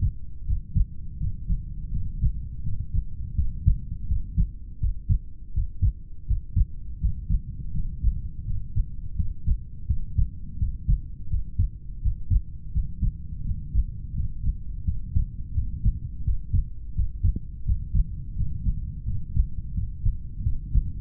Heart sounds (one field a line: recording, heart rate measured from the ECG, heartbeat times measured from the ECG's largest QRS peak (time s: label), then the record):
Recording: heart sounds by stethoscope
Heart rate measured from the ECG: 84 bpm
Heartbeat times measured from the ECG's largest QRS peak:
0.45 s: heartbeat
1.18 s: heartbeat
1.90 s: heartbeat
2.62 s: heartbeat
3.34 s: heartbeat
4.06 s: heartbeat
4.78 s: heartbeat
5.52 s: heartbeat
6.25 s: heartbeat
6.98 s: heartbeat
7.71 s: heartbeat
8.43 s: heartbeat
9.14 s: heartbeat
9.85 s: heartbeat
10.57 s: heartbeat
11.28 s: heartbeat
12.00 s: heartbeat
12.71 s: heartbeat
13.43 s: heartbeat
14.13 s: heartbeat
14.83 s: heartbeat
15.53 s: heartbeat
16.23 s: heartbeat
16.93 s: heartbeat
17.64 s: heartbeat
18.34 s: heartbeat
19.03 s: heartbeat
19.72 s: heartbeat
20.42 s: heartbeat
From the record:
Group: heart failure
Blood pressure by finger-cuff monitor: 71/48 mmHg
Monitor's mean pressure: 52 mmHg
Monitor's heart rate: 84 bpm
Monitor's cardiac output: 6.7 L/min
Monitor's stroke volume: 80 mL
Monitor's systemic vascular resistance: 530 dyn s/cm5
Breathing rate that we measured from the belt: 10 breaths a minute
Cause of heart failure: idiopathic cardiomyopathy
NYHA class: 2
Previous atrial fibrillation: present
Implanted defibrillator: present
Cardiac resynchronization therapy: present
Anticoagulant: warfarin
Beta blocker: metoprolol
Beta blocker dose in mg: 50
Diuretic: furosemide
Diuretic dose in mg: 40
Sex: male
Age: 62 years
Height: 184 cm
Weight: 101 kg